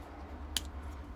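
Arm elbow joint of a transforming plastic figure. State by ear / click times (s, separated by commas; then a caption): seated / 0.6 s. The plastic arm of a Transformers Legacy Evolution Deluxe Class Bombshell figure is rotated at the shoulder and elbow and turned to the back. A single sharp click at 0.6 s rises over a low steady hum as the elbow joint locks into place.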